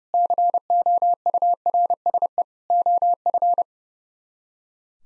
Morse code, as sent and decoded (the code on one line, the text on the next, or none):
-.-. --- ..- .-. ... . / --- ..-.
COURSE OF